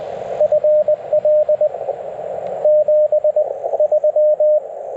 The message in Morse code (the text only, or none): FL 73